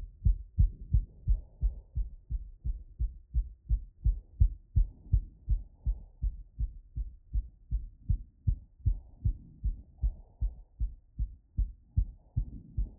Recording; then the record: heart sounds by stethoscope after running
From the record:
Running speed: 7 mph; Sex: male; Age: 30 to 39 years